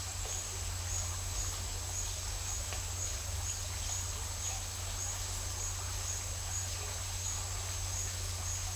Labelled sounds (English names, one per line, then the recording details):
none
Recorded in dense forest near Puerto Asís, Putumayo, Colombia, on 20 December 2024 at 11:00
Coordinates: 0.467, -76.328
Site GP05